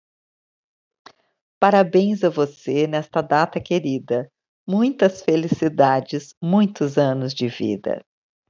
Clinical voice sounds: short text; Brazilian Portuguese; female; 60 to 69 years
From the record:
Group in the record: control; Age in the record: 65 years

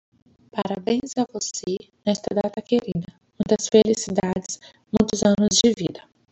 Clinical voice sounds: short text; Brazilian Portuguese; female; 30 to 39 years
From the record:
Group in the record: control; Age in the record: 33 years

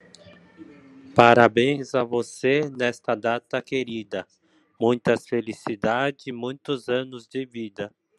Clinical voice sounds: short text; Brazilian Portuguese; male; 40 to 49 years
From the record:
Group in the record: control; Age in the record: 47 years

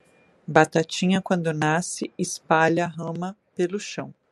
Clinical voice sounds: short text; Brazilian Portuguese; female; 40 to 49 years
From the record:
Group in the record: control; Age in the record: 46 years

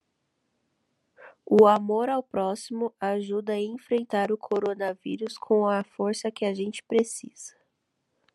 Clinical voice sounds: spoken sentence; Brazilian Portuguese; female; 20 to 29 years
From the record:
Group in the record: control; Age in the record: 24 years

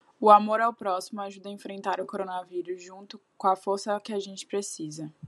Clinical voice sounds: spoken sentence; Brazilian Portuguese; female; 20 to 29 years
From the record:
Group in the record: control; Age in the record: 23 years

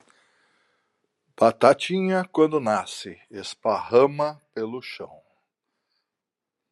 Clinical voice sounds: short text; Brazilian Portuguese; male; 60 to 69 years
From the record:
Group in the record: control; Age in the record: 61 years

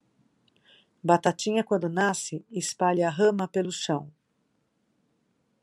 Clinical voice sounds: short text; Brazilian Portuguese; female; 60 to 69 years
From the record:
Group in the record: control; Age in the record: 60 years

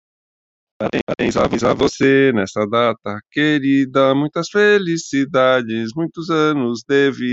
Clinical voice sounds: short text; Brazilian Portuguese; male; 60 to 69 years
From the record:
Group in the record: control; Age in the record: 60 years

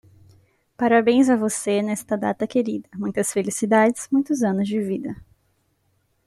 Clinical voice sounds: short text; Brazilian Portuguese; female; 20 to 29 years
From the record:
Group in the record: control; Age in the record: 26 years

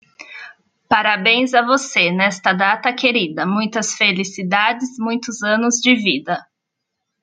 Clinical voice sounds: short text; Brazilian Portuguese; female; 30 to 39 years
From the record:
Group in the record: control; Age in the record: 38 years

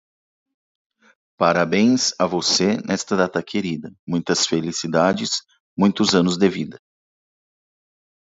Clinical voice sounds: short text; Brazilian Portuguese; male; 40 to 49 years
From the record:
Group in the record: control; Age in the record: 48 years

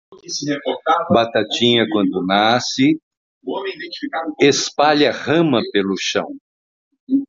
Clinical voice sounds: short text; Brazilian Portuguese; male; 70 to 79 years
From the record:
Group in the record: control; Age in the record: 71 years

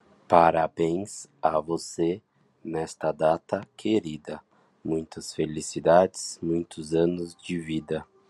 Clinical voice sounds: short text; Brazilian Portuguese; male; 30 to 39 years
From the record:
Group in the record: control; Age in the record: 31 years

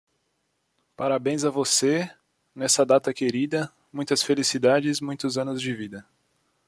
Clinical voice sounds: short text; Brazilian Portuguese; male; 20 to 29 years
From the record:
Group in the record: control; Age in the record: 24 years

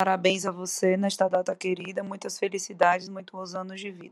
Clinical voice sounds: short text; Brazilian Portuguese; female; 30 to 39 years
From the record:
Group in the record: control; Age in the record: 31 years

